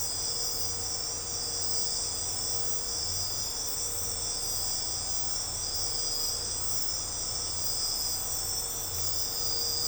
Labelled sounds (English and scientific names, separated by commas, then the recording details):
none
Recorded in secondary vegetation near Puerto Asís, Putumayo, Colombia, on 16 December 2024 at 00:00
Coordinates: 0.502, -76.326
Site G028